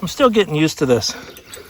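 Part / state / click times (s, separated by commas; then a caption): implement hitch pins into tractor quick-change hitch on three-point linkage / not seated / none. Implement hitch pins are being handled at a tractor's quick-change hitch on the lower links of the three-point linkage, with the pins meant to slide down and latch into place. Someone talks through most of the clip, and a few faint, low-level sounds follow. Nothing has seated or clicked yet.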